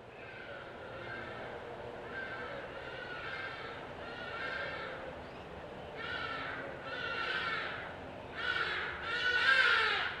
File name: Bostrychia hagedash hagadash, roepe in Pta, 2022-05-24 06 h 53